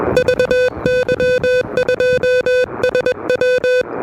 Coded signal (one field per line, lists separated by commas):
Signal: Morse code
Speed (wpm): 21 wpm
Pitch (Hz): 500 Hz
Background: music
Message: VY2SW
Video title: Low-Profile QRP: A Relaxed (But Noisy) CW Activation at Parc des Moulins!